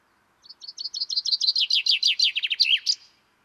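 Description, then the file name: Common chaffinch singing one full phrase: crisp repeated notes start high and fall in pitch, then finish with a brief accented flourish. "Fringilla coelebs"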